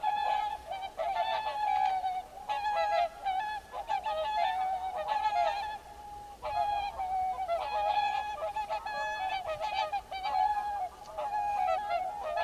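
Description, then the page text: Mute swan calling, a constant nasal droning chorus broken by repeated bursts of honking notes. "Ciripituri în naturăLebăda mută sau Lebăda de vară – Cygnus olor"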